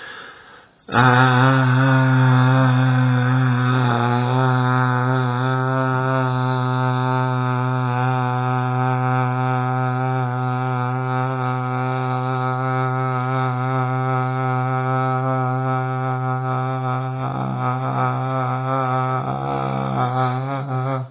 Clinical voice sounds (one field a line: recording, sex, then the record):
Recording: sustained vowel /a/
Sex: male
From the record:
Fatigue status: no fatigue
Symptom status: symptomatic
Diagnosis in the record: COVID-19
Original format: 3gp